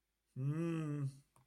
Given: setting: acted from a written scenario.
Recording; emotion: vocal sound without words; guilt